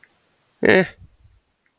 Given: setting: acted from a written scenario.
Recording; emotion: vocal sound without words; neutral